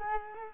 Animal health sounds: mosquito wingbeat signal from an infrared sensor; Culex quinquefasciatus

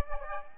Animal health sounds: mosquito wingbeat signal from an infrared sensor; Aedes aegypti

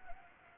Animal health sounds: mosquito wingbeat signal from an infrared sensor; Anopheles gambiae

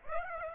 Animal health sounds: mosquito wingbeat signal from an infrared sensor; Aedes aegypti

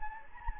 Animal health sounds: mosquito wingbeat signal from an infrared sensor; Anopheles gambiae

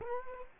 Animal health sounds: mosquito wingbeat signal from an infrared sensor; Culex quinquefasciatus

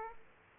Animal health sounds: mosquito wingbeat signal from an infrared sensor; Aedes aegypti

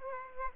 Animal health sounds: mosquito wingbeat signal from an infrared sensor; Aedes aegypti

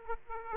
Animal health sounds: mosquito wingbeat signal from an infrared sensor; Aedes aegypti

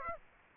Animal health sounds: mosquito wingbeat signal from an infrared sensor; Aedes aegypti

